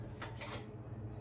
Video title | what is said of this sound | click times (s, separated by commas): HOTEL LOCKS AND CARTRIDGE | if you hear a click sound that means it's working good let's see | 0.2 s